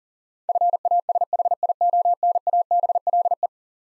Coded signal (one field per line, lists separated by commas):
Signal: Morse code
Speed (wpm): 40 wpm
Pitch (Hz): 700 Hz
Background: none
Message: FASHIONABLE